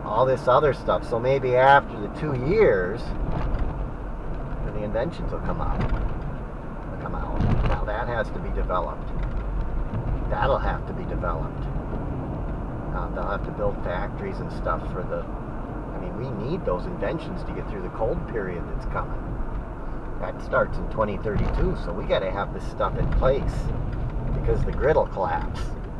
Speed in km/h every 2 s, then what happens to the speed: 61, 58, 58, 58, 58, 56, 56, 60, 58, 53, 52, 50, 47.
0-16 steady at about 58. 16-26 slows to 47.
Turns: none.